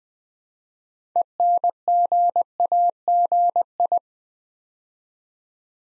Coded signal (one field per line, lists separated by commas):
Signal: Morse code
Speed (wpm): 20 wpm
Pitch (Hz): 700 Hz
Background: none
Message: ENGAGI